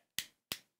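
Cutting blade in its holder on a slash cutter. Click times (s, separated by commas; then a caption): 0.2 s, 0.5 s. The round blade of a slash cutter, its nut loosened, is turned in its holder to a new position. Two sharp, bright clicks are heard at 0.2 s and 0.5 s, each fading quickly into silence. The blade seats in its new position.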